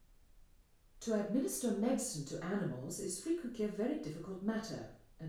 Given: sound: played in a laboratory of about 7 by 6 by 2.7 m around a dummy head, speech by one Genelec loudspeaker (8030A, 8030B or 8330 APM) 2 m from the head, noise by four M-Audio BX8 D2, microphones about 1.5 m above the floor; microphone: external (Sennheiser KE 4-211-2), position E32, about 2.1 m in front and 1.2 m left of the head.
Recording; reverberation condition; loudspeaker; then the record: female speech in English; medium; 30 degrees to the right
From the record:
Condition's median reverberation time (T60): about 510 ms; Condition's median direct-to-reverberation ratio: about -0.5 dB